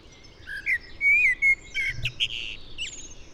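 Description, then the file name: Common blackbird song: a brief run of fluted whistled notes sliding up and down, followed by a thin scratchy high flourish. "Turdus merula"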